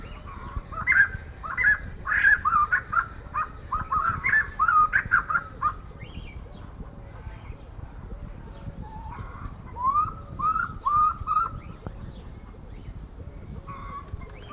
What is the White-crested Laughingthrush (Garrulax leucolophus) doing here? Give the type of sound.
song